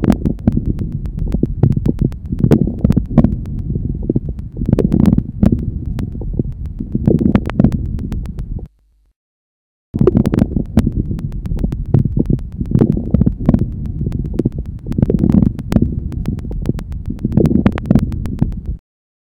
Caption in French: Des crépitants inspiratoires nombreux qui prédominent en mi-inspiration, mais peuvent occuper la presque totalité de l'inspiration. Ils s'associent à de nombreux crépitants expiratoires. Ces crépitants de bronchiectasie.